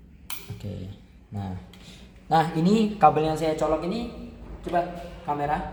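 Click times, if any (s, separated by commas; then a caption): 0.3 s. An Ethernet cable's plastic RJ45 plug is pushed into a LAN port on a router or laptop and seats with a short, sharp click at 0.3 s, meaning the cabling is good. Afterward a man talks.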